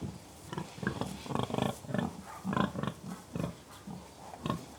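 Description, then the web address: Pigs grunting in quick rough bursts, low snorting grunts overlapping almost continuously. Three pigs grunting occasionally. "BBC Sound Effects Library. Three Pigs Grunting Occasionally"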